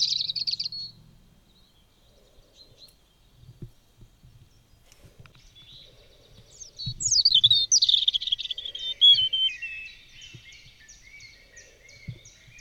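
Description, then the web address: European robin song: a brief high warble opens, then after a pause a long phrase of tumbling, sweet high notes slides down into thin trills, with faint low rumbles beneath. Heard in a neighbourhood, for an educational listening workshop. "ecoute de mon quartier rougegorge familier"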